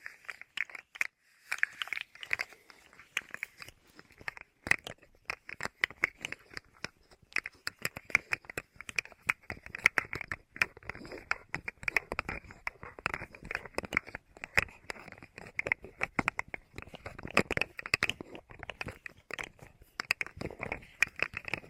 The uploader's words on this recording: ASMR 9 New Tingle Triggers + Mic Test Deep Ear Crinkles, Clicky, Scratchy, Massage （No Talking）.